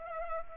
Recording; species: mosquito wingbeat signal from an infrared sensor; Culex pipiens